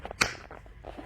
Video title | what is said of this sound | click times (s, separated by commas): Wet Dry Vacuum Cleaner, Cordless Vacuum Cleaner and Mop for Hardwood Floor & Area Rugs, Wet Dry Floo | You gotta hear the click right here. | 0.2 s